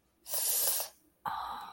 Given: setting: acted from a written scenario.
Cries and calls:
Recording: vocal sound without words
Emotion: desire

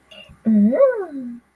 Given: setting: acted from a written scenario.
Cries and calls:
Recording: vocal sound without words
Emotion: romantic love

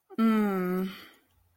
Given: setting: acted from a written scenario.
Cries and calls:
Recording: vocal sound without words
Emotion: guilt

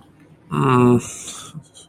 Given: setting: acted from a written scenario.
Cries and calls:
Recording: vocal sound without words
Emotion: guilt

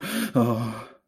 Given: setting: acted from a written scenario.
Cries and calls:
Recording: vocal sound without words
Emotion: negative surprise

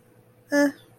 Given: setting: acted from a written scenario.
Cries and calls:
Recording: vocal sound without words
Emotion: neutral

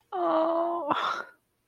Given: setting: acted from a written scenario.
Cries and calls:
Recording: vocal sound without words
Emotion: sadness

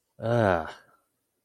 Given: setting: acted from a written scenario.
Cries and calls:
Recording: vocal sound without words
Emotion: disgust

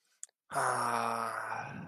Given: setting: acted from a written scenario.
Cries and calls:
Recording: vocal sound without words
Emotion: contentment

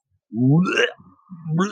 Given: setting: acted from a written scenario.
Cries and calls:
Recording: vocal sound without words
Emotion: disgust

